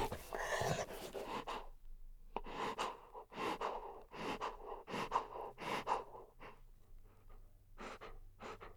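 Golden Retriever dog panting: breathy, noisy huffs in irregular bursts, some in quick pairs, opening with a longer rough gasp, with short quiet gaps between breaths.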